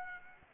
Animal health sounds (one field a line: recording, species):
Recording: mosquito wingbeat signal from an infrared sensor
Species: Aedes aegypti